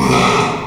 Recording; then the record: squeal of a Yucatan mini pig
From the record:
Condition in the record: after surgery on the right vocal fold (resection and tissue-engineered implant); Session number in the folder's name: 1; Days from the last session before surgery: 6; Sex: male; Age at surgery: 12 weeks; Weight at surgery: 13 kg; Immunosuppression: cyclosporine, prednisolone